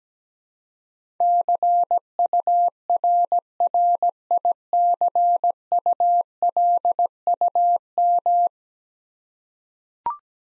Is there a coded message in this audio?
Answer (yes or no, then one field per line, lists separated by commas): yes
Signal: Morse code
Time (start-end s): 1.2-8.5 s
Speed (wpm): 17 wpm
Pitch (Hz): 700 Hz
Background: none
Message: CURRICULUM